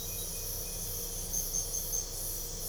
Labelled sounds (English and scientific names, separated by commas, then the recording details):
none
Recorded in pastures near Puerto Asís, Putumayo, Colombia, on 22 December 2024 at 00:00
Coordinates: 0.497, -76.327
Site G088